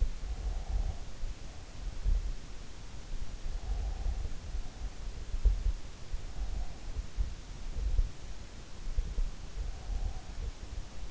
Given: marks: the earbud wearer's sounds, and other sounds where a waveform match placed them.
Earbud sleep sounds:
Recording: sounds in sleep by an in-ear microphone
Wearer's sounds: breath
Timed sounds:
0.00-2.58 s: breath
3.62-5.69 s: breath
9.21-11.11 s: breath

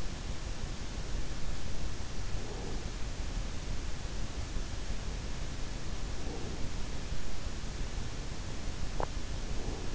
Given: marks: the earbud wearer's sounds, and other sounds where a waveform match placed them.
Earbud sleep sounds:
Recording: sounds in sleep by an in-ear microphone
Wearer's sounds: breath, teeth grinding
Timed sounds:
2.23-2.81 s: breath
6.11-6.76 s: breath
8.68-9.49 s: teeth grinding
9.28-9.95 s: breath

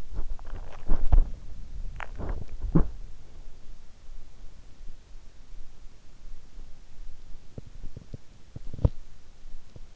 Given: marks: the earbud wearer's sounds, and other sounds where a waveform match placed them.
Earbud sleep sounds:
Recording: sounds in sleep by an in-ear microphone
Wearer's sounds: swallowing, talking in sleep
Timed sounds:
0.00-2.45 s: swallowing
2.63-2.98 s: talking in sleep

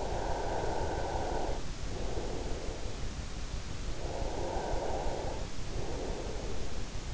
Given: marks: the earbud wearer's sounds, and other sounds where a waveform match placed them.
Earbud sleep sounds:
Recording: sounds in sleep by an in-ear microphone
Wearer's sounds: breath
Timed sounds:
0.00-2.75 s: breath
4.02-6.89 s: breath

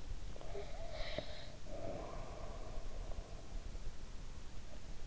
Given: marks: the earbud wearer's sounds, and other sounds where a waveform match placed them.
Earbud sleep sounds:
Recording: sounds in sleep by an in-ear microphone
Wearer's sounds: breath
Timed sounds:
0.24-3.70 s: breath

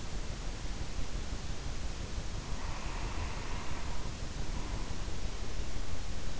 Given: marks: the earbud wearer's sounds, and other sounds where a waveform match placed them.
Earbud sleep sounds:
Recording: sounds in sleep by an in-ear microphone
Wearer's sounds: breath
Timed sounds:
2.19-5.52 s: breath

